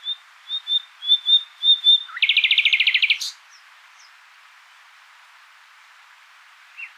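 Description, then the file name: Common nightingale song opening with soft whistled notes, then a loud rapid trill of even pulses ending in an upward flick; quiet afterwards. "Luscinia megarhynchos"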